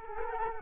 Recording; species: mosquito wingbeat signal from an infrared sensor; Culex quinquefasciatus